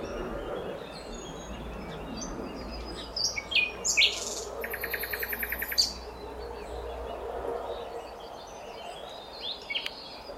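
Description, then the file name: Common nightingale song, one phrase of chips and a fast rattling trill, heard over a steady noisy background. "Luscinia megarhynchos"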